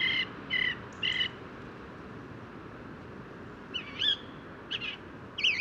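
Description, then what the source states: Song thrush singing: a short whistled note repeated three times in quick succession, a pause, then a new set of sharp, repeated phrases. Wild bird recorded at daybreak, just before 8 am, 1 January 2018, Bois de Vincennes, during New Year bird count, mild weather of storm Carmen; parabolic microphone; recordist's first songbird of the year.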